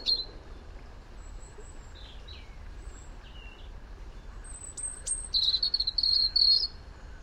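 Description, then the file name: European robin song: scattered faint high notes and thin slurred whistles, then a louder rapid trilled phrase of high, sweet notes toward the end; steady low background noise. "Erithacus rubecula"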